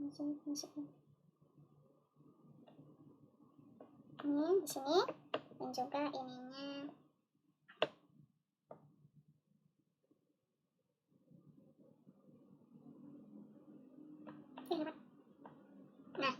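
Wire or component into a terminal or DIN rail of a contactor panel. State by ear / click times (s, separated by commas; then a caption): not seated / none. A wire or component is fitted into a screw terminal or DIN rail of a star-delta contactor panel while someone talks, with music-like tones early on and sharp handling ticks near 7.8 s and 8.7 s and faint taps around 14.3 s, 14.6 s and 16.2 s. The part is handled but nothing has seated or clicked yet.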